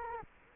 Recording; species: mosquito wingbeat signal from an infrared sensor; Culex quinquefasciatus